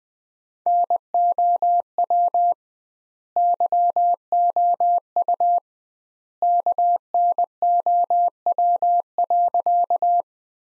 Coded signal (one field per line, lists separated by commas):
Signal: Morse code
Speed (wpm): 20 wpm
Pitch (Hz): 700 Hz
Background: none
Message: NOW YOU KNOW.